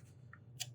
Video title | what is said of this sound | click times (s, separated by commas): BNVH Night Vision Housing Assembly and Overview | until you hear that click. That means that it's found the threading that it needs to, and then you just | 0.3 s, 0.6 s